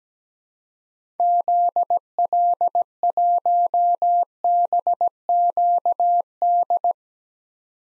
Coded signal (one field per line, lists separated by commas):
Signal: Morse code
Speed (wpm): 17 wpm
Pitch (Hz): 700 Hz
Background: none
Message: ZL1BQD